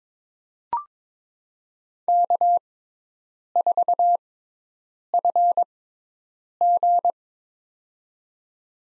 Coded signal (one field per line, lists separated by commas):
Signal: Morse code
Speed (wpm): 22 wpm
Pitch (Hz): 700 Hz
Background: none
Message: K4FG